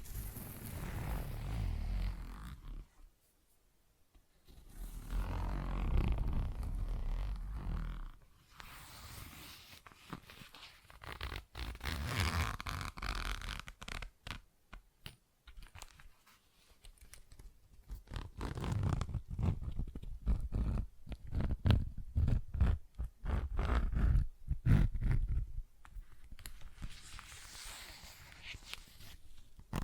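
ASMR tapping, scratching and zipper sounds: irregular bursts of rustling scratches and quick clicks, with short silent gaps near 4, 14 and 16 seconds.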